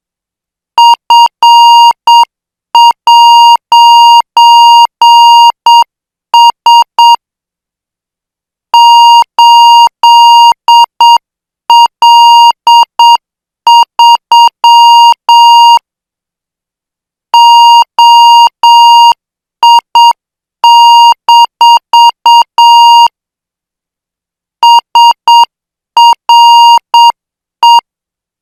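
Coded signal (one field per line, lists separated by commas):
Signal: Morse code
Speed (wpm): 7 wpm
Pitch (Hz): 940 Hz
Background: none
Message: F'S 8L3 OI- SRE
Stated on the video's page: Morse practice of international five-character code groups at 8 words per minute.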